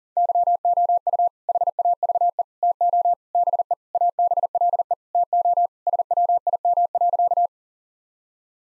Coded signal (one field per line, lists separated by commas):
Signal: Morse code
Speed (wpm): 40 wpm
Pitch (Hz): 700 Hz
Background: none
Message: YOU HAVE TO BE ABLE TO SWIM.